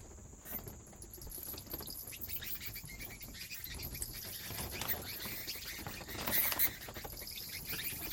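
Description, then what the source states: Bat wing flaps, dense restless fluttering throughout, swelling briefly toward the end, against a constant thin whine. Wing flaps of bats recorded in a cave habitat.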